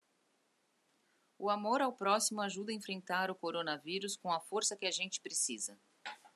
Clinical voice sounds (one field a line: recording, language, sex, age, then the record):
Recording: spoken sentence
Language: Brazilian Portuguese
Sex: female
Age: 40 to 49 years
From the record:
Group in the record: control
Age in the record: 41 years